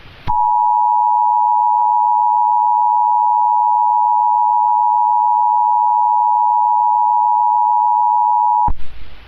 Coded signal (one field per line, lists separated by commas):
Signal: Emergency Alert System (SAME) tones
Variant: 853 and 960 Hz attention tone